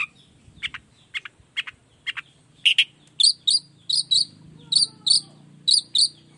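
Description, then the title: Long-tailed shrike song: soft scratchy paired notes followed by louder, clear high doubled chirps repeated at steady intervals, with a faint low hum. Singing in the morning with varied toet toet notes; used as a lure to make other shrikes of any kind reply quickly. "Cendet Gacor Dor Di Kala Pagi Toet Toet Variasi Suara. Cendet Gacor Efektif Pancingan Buat Cendet Jenis Apapun Agar Cepat Nyaut Buka Paruh"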